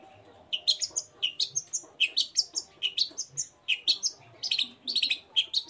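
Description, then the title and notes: Long-tailed shrike song: rapid jumbled chattering of high squeaky and twittering notes, delivered continuously in short bursts. Morning singing with full variation of 'toet toet' notes, used as a lure to provoke other long-tailed shrikes to answer and join in. "Cendet Gacor Dor Di Kala Pagi Toet Toet Variasi Suara. Pancingan Emosi Cendet Gacor Full Variasi Toet Toet Bikin Nyaut Cendet Lain Langsung Ikutan Bunyi. Burung cendet"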